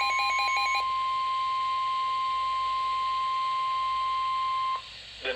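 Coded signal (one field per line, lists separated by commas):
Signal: Emergency Alert System (SAME) tones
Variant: 1050 Hz attention tone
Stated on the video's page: Series of Severe Thunderstorm Warning SAME alerts.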